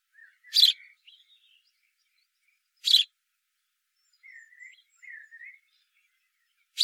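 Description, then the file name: House sparrow chirps: a few loud, harsh single chirps spaced two to four seconds apart, with soft, wavering whistled notes in between. "Passer domesticus"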